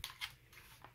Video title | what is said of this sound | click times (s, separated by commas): STEALTH OPERATOR HOLSTERS REVIEW | you can see it's a very secure fit you can actually hear it snap into place | 0.0 s